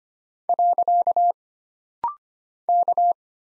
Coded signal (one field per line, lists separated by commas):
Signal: Morse code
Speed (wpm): 25 wpm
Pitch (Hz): 700 Hz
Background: none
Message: . K